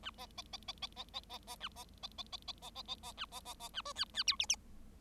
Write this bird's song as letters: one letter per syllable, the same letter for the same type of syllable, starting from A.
A B B B B B B B B B A B B B B B B B B B A B B B A C D D E F F